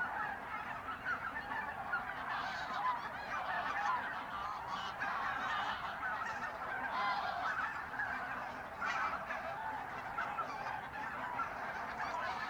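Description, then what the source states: Goose: geese calling as a flock, a dense continuous chorus of overlapping honks with no pauses throughout. Birds in a renaturalised area at Polder Glies, Sellstedt, Germany, 9 November 2020; binaural ORTF pair of t.bone SC 140 microphones with Rycote windjammer, TASCAM DR100 MK3 recorder.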